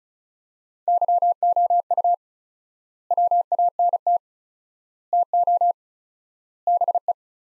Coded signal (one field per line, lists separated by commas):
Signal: Morse code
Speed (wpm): 36 wpm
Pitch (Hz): 700 Hz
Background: none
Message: YOU WANT TO BE